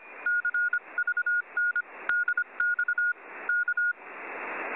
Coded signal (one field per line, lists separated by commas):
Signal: Morse code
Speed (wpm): 25 wpm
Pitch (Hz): 1440 Hz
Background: none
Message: CVN DX K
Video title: Archive Record | 23rd June 2023 | Morse